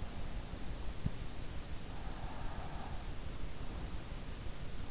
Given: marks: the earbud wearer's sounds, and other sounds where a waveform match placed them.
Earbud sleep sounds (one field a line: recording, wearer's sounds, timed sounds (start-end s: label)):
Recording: sounds in sleep by an in-ear microphone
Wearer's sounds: breath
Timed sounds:
2.00-3.73 s: breath